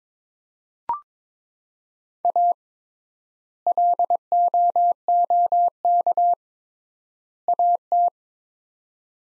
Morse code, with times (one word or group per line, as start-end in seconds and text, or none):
2.2-2.5 A
3.7-6.3 LOOK
7.5-8.1 AT